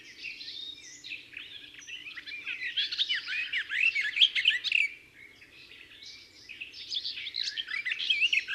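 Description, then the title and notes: Garden warbler singing a fast, rich, babbling warble, softer at first, swelling in the middle, pausing briefly around five seconds, then resuming; faint low background hum. Described as discreet in plumage but a wonderful singer. "La Fauvette des jardins (Sylvia borin). Oiseau discret de plumage mais merveilleux chanteur."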